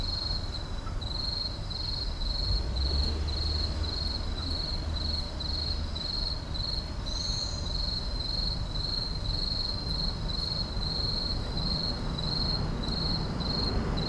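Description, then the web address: Insects chirp in regular high pulses, with a brief higher note and low rumble beneath. Night insects in an urban park. "boom library Urban and Suburban Urban park night insects"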